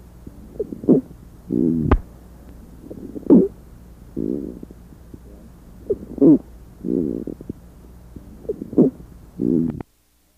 Following sound is a squawk. This squawk is both inspiratory and expiratory, louder on inspiration and softer on expiration. The squawk is a musical sound found in some patients with diffuse pulmonary fibrosis, especially if associated with an allergic inflammation of the alveoli known as hypersensitivity pneumonitis.